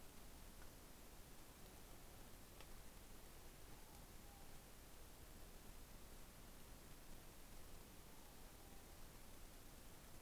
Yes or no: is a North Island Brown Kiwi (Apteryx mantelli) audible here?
no